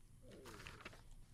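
A brief, low, warbling gurgle of about a second: a loud rumble from an adult's stomach, ordinary bowel sounds, picked up by a microphone and likened to a monster.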